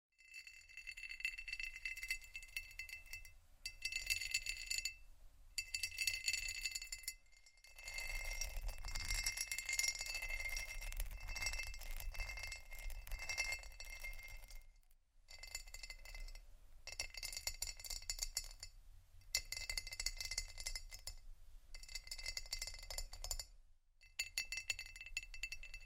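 Plastic and glass rattle and scrape in dense, busy bursts with bright tinkling clinks and a low rumbling underneath. The sound runs almost continuously, broken by brief silent gaps near 3, 7.5, 15 and 23.5 seconds, with a rougher, louder scratching stretch from about 8 to 14 seconds.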